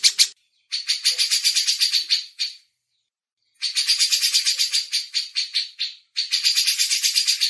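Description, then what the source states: Grey-cheeked bulbul giving harsh, rapidly pulsed rattling bursts separated by short silences. Masteran training audio.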